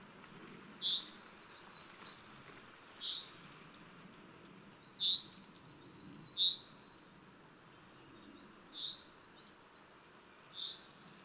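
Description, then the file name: Common chaffinch giving six short, sharp high calls, with faint thin chirps and low background noise. "Fringilla coelebs"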